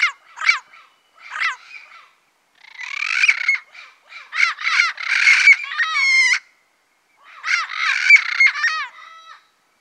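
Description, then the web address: Turquoise-fronted amazon squawking repeatedly, harsh rasping notes mixed with a few clearer whistled upslurs, in bursts separated by short pauses. Recorded in the Pantanal, Brazil. "sescpantanal. Papagaio verdadeiro"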